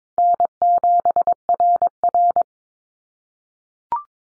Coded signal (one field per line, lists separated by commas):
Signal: Morse code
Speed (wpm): 22 wpm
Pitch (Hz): 700 Hz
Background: none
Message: N7RR